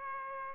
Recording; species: mosquito wingbeat signal from an infrared sensor; Aedes aegypti